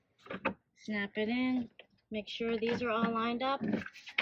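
A plastic wall panel of a compost bin is lined up by its edge and snapped into the adjoining panel of the bin frame while someone talks. One sharp, loud snap is heard at 0.5 s and the panel seats.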